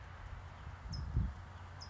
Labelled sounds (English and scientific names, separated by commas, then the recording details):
California Towhee (Melozone crissalis)
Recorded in Sonoma County, California